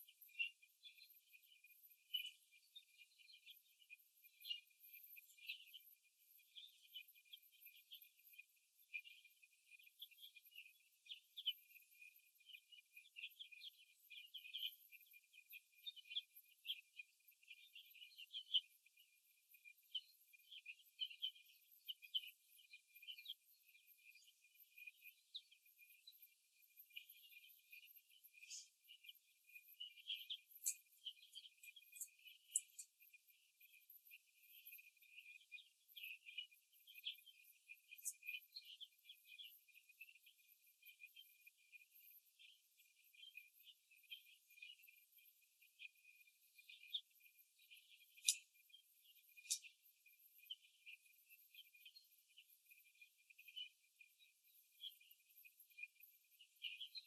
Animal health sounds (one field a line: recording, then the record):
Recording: young laying hens in a cage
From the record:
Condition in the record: before the stressor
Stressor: simulated dog barking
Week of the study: 2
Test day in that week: 3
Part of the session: 2